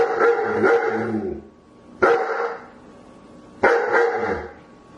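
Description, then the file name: German Shepherd barking: a doubled bark at the start, then two single deep barks about a second and a half apart. "Tieng cho Becgie"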